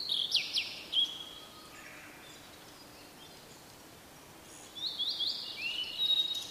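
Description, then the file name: Blue-and-white flycatcher song: a sharp downslurred whistled phrase at the start, a quiet gap, then a longer warbled whistled phrase from about five seconds. "oruri"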